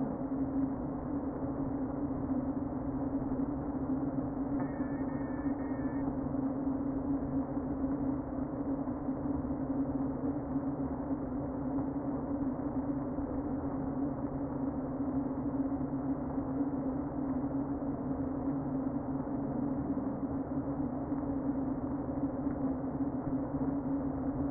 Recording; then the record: honeybee colony, microphone inside the hive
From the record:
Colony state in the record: queen present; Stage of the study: before two queens were removed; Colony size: about 60,000 bees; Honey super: yes